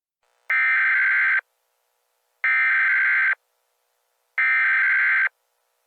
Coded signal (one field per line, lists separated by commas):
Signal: Emergency Alert System (SAME) tones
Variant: header bursts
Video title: EAS Scenario - The Wolves